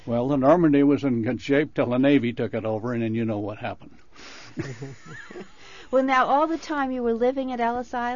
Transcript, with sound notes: Well, the Normandy was in good shape 'til the Navy took it over, and then you know what happened! [Laughs]
Well now, all the time, you were living at Ellis Island?